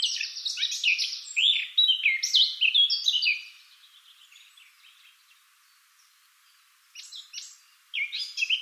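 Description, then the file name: Eurasian blackcap, a burst of hurried warbling song, a pause of near silence, then renewed scratchy phrases starting again. "Sylvia atricapilla"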